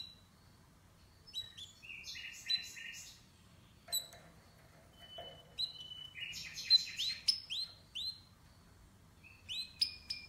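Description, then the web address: Canary song: quick, varied phrases of sharp chirps and short high trills, broken by brief pauses, with a faint low hum underneath. "Golchin Best Canari Seda Canari. Niyaz Music)"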